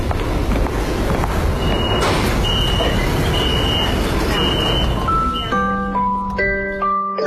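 A subway train rumbles into the platform with a steady, loud roar and faint high squeals, then quiets as a rising series of bright electronic chime tones plays.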